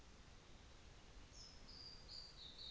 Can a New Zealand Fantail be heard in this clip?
no